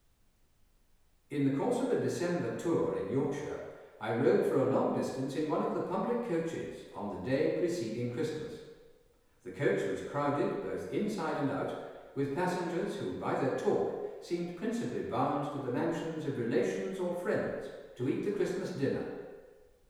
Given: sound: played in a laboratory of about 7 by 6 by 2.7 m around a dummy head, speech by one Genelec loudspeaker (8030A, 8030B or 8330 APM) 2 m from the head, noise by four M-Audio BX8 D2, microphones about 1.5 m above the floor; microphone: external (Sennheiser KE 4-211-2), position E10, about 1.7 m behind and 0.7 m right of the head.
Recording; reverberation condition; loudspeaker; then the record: male speech in English; high; 60 degrees to the left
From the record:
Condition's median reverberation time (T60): about 1300 ms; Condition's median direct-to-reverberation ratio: about -4.0 dB